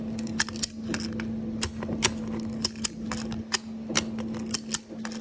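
A hand works the handle of a metal ratchet strap buckle one-handed to tighten the webbing, and the pawl clicks into each tooth. Sharp clicks land at 0.4, 1.6, 2.1, 2.9, 3.5 and 4.0 seconds over a steady low hum. The strap ends up seated and tight.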